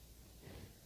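A plastic safety eye backing washer is handled as it is pushed onto the eye shank through a crocheted amigurumi head resting on a hard surface. Only faint low rustling and a steady soft hiss are heard, with no sharp click. Nothing has seated or clicked into place yet.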